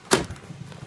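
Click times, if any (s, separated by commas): 0.1 s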